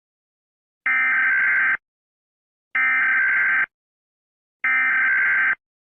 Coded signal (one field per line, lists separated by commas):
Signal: Emergency Alert System (SAME) tones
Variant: header bursts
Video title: Eas mock: Sarah and duck